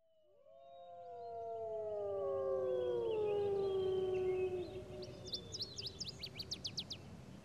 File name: Wolf Howl